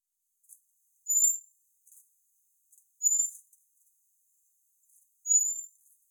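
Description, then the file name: Common blackbird giving thin, very high drawn-out whistles, three times about every two seconds, with faint soft ticking between them. "Turdus merula"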